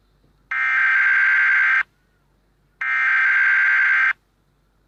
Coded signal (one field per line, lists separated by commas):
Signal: Emergency Alert System (SAME) tones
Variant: header bursts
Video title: EAS Scenario : The end of North America [Scale-9 Asteroid Scenario]